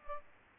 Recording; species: mosquito wingbeat signal from an infrared sensor; Aedes aegypti